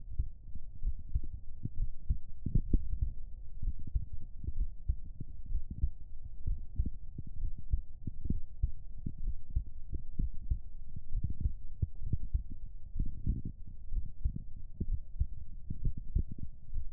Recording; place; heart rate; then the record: heart sounds by stethoscope; pulmonary valve (PV); 64 bpm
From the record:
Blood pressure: 100/65 mmHg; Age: 30 years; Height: 165 cm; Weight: 52 kg